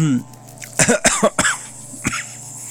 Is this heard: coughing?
yes